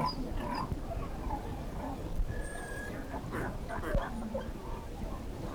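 Whale calls underwater: a steady high whistle held for about half a second, with lower squeaks, moans and scattered clicks over a constant low rumble.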